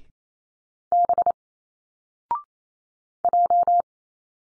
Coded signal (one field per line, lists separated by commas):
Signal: Morse code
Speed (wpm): 28 wpm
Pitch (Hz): 700 Hz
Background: none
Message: B J